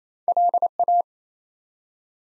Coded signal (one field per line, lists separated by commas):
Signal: Morse code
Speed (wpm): 28 wpm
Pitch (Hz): 700 Hz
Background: none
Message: LA